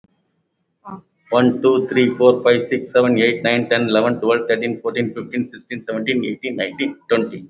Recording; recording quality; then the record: counting at a fast pace; excellent, no background noise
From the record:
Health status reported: recovered from COVID-19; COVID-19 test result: positive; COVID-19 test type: RT-PCR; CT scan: taken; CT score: 20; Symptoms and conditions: none ticked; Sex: male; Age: 57 years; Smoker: no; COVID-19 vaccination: none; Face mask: not worn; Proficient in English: yes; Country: India